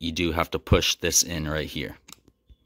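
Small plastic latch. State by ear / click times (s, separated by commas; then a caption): released / 2.1 s. Someone talks while pressing the center tab of the plastic face shield lock on a Shoei helmet to release it from its latch on the chin bar. A short click is heard at 2.1 s, followed by a few faint ticks, and the face shield's center lock is released.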